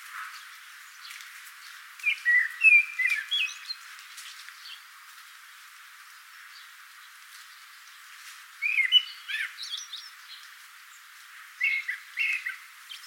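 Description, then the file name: Common blackbird singing: three separate bursts of whistled, warbling phrases with quiet gaps between them. "Turdus merula"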